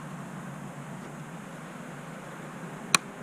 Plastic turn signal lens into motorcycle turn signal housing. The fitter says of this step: I'm going to re-install put the new smoke lenses in make sure they snap into place and then